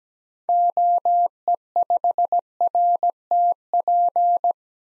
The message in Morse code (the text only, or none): OE5RTP